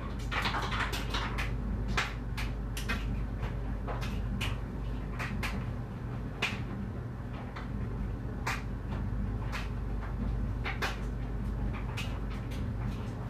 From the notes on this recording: It's laundry day and the dryer tumbles